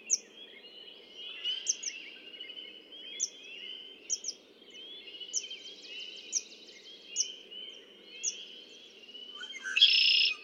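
Red-winged blackbird song: one loud, harsh buzzy trill near the end, over a steady high droning hum and repeated short high chirps.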